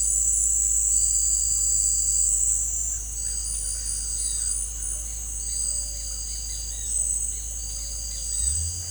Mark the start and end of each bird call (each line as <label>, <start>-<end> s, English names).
Great Kiskadee, 5.06-8.58 s